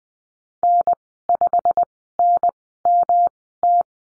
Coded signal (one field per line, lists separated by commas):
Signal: Morse code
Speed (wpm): 20 wpm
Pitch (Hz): 700 Hz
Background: none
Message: N5NMT